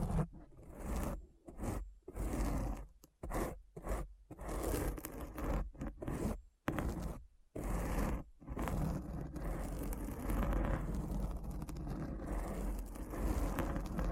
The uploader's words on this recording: ASMR Deep Brain Scratch (No Talking).